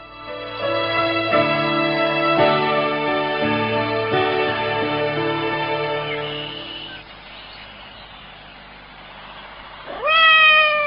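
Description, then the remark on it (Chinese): A cat meows in long, drawn-out, wavering cries that run together for several seconds, then fades into quiet before one short, loud, rising meow at the end. No one speaks. “猫猫，收翻个波过嚟啦，快啲啦”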